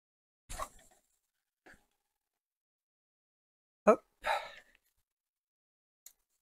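The second print head of a 3D printer is picked up by hand and lined up on the toolhead carriage, ready to be clipped in by pressing its two tabs. Short, soft handling noises are heard around 0.6, 1.7, 3.9 and 4.3 seconds, with a faint tick near 6.1 seconds and quiet gaps in between. The head is only positioned, and nothing has clipped into place yet.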